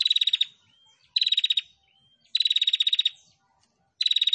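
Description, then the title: Prinia song: four quick buzzy pulsed bursts, with soft rising whistled notes in some of the gaps. Female prinia; masteran recording used for training songbirds. "Masteran Burung Prenjak Betina Gacor"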